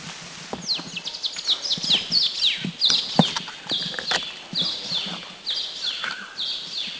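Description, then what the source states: Blackish cuckooshrike calls: a busy chorus of sharp, high, descending whistled notes, overlapping and repeated many times, with faint low knocking sounds underneath. Recorded at Subic, Philippines, in 2010.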